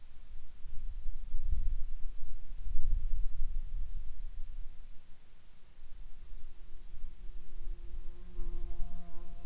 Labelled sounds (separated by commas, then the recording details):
insects, weather or water
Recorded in the Arctic National Wildlife Refuge, Alaska, on 11 June 2019 at 11:20
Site 41